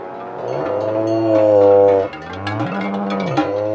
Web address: Kouprey. صدای-گاو-کامبوجی